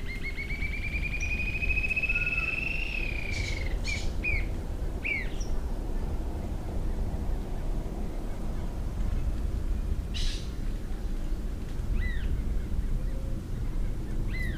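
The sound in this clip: Green-tailed jacamar with a fast high trill that climbs steadily for three seconds, followed by several scattered single slurred notes spaced apart, and low background noise throughout.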